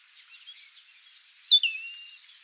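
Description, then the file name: European robin singing a short phrase of two sharp, very high notes, then a descending thin slur that levels off into a brief drawn-out note. "Erithacus rubecula"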